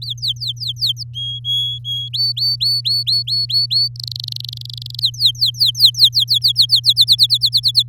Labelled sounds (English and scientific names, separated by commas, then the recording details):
Domestic Canary (Serinus canaria) song
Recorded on 8 May 2018 at 16:07
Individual llb16